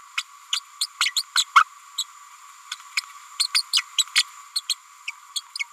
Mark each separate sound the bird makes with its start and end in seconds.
0.17-0.23, 0.52-0.60, 0.80-0.86, 1.00-1.12, 1.16-1.22, 1.35-1.44, 1.55-1.64, 1.98-2.04, 2.71-2.75, 2.96-3.01, 3.39-3.48, 3.54-3.62, 3.73-3.82, 3.98-4.03, 4.15-4.23, 4.55-4.61, 4.69-4.75, 5.07-5.11, 5.36-5.42